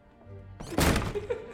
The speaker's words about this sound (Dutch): En nu de deur heel hard dichtslaan.